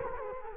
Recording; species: mosquito wingbeat signal from an infrared sensor; Culex quinquefasciatus